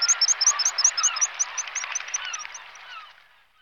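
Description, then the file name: Black guillemot twittering call: a rapid run of thin, high piping notes, fading out over about three seconds, with softer lower notes behind. "Alkoun obecny Ceppus grylle"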